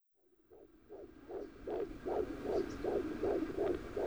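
Steady, rhythmic whooshing pulses fade in and run at about 155 beats a minute, with the swishing quality of a Doppler monitor. It is the fetal heartbeat of a baby boy, from a pregnancy that had complications, with a rate in the usual fetal range.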